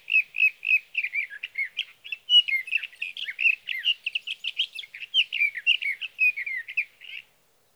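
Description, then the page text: Sage thrasher song, evenly paced chirped notes at first, then a dense, rambling warble of varied phrases running without break. Male singing through three nights near his night roost, evening June 12 to morning June 15, 2018, Sierra Valley, California; recorded with a Swift recorder. "61. Sage thrasher songs, through the night."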